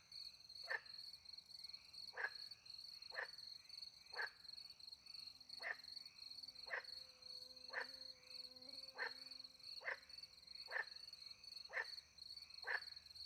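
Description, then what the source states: Frog calls, quick snapping notes roughly every second, set against a constant high cricket chorus and a faint lower hum. Frogs with crickets at night in countryside beside a little pond, France; microphones hidden in a tree close to the pond; two Usi Pro microphones into a MixPre 10 II recorder.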